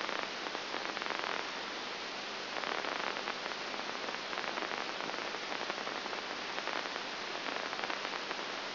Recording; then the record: brain microelectrode recording played as sound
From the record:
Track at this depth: outside the subthalamic nucleus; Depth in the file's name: 0.705 mm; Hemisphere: left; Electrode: 2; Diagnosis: Parkinson's disease